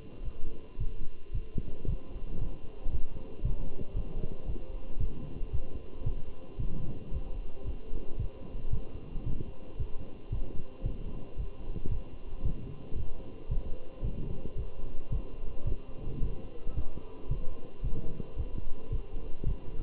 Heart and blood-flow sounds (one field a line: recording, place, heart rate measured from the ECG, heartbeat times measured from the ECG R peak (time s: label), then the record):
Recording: heart sounds by stethoscope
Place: between the tricuspid and mitral areas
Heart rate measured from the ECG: 112 bpm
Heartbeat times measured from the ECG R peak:
0.25 s: heartbeat
0.80 s: heartbeat
1.35 s: heartbeat
1.88 s: heartbeat
2.41 s: heartbeat
2.93 s: heartbeat
3.45 s: heartbeat
3.96 s: heartbeat
4.48 s: heartbeat
5.00 s: heartbeat
5.53 s: heartbeat
6.06 s: heartbeat
6.60 s: heartbeat
7.13 s: heartbeat
7.66 s: heartbeat
8.19 s: heartbeat
8.73 s: heartbeat
9.26 s: heartbeat
9.79 s: heartbeat
10.32 s: heartbeat
10.85 s: heartbeat
11.38 s: heartbeat
11.91 s: heartbeat
12.45 s: heartbeat
12.98 s: heartbeat
13.51 s: heartbeat
14.04 s: heartbeat
14.58 s: heartbeat
15.12 s: heartbeat
15.67 s: heartbeat
16.22 s: heartbeat
16.76 s: heartbeat
17.31 s: heartbeat
17.84 s: heartbeat
18.38 s: heartbeat
18.92 s: heartbeat
19.47 s: heartbeat
From the record:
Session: walking at 3.7 km/h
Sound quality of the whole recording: good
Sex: male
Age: 27 years